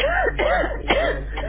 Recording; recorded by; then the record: voluntary cough; telephone call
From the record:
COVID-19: positive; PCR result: checked with the laboratory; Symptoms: no